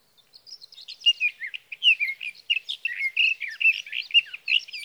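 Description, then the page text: Sage thrasher singing a continuous, rapid warble of varied sweet and scratchy notes, phrases tumbling together without pause for nearly five seconds. Male singing through the night near his night roost, evenings June 12 to mornings June 15, 2018, Sierra Valley, California; Swift recorder. "61. Sage thrasher songs, through the night."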